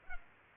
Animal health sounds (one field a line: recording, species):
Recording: mosquito wingbeat signal from an infrared sensor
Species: Culex pipiens